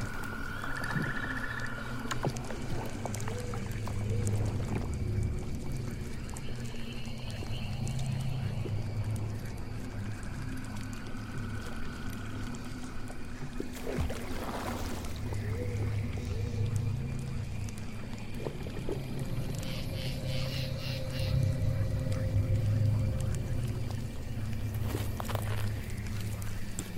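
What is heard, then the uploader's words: A swamp ambience built on a steady low rumble and murky hum that never lets up. Scattered creaks, wet knocks and brief drawn-out moans drift over it, with sharper clicks near the middle and late on, and a faint fluttering high sound around twenty seconds. Witch's swamp house asmr Ambience. Swamp ambience.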